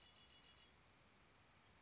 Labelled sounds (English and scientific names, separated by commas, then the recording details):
Red-winged Blackbird (Agelaius phoeniceus)
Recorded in Sonoma County, California